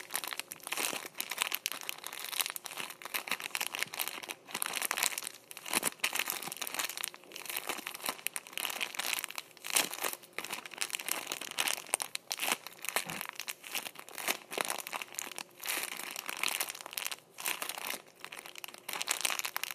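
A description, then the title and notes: Tissues being squeezed produce continuous crisp crinkling and rustling with frequent brief pauses, bright and dense throughout. ASMR Squeezing Tissues.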